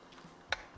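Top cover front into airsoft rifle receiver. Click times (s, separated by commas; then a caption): 0.5 s. The front end of the steel top cover is fitted first into the receiver of a black, full-steel E&L AK74MN airsoft rifle. A single sharp click is heard at 0.5 s, and the front of the cover seats.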